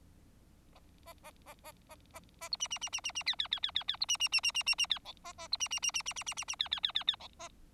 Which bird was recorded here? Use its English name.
Bengalese Finch